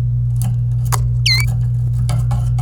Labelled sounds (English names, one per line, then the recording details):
Domestic Canary song
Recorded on 26 April 2018 at 13:01
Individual llb3